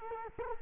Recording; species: mosquito wingbeat signal from an infrared sensor; Culex quinquefasciatus